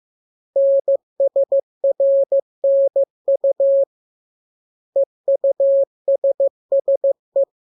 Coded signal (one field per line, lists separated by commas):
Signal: Morse code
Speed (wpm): 15 wpm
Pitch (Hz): 550 Hz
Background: none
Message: NSRNU EUSSE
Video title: Learning Morse Code. Lesson 6. Letter KMURES N